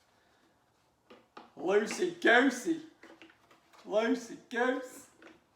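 Loose plastic stairs are being handled and fitted onto a toy wrestling ring. Someone talks while brief tapping and handling sounds come through. Nothing has clicked or seated yet.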